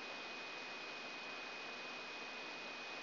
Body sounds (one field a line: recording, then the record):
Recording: brain microelectrode recording played as sound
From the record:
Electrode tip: outside the subthalamic nucleus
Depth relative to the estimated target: -3 mm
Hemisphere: right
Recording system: AlphaMap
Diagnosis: Parkinson's disease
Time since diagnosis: 7 years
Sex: female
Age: 56 years